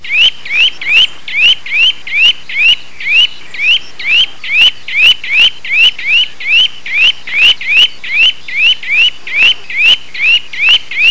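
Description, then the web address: Bird calling with sharp, high rising chirps, each sweeping upward, repeated steadily about two to three times per second throughout. "特酷声音素材库 动物 鸟 Bird"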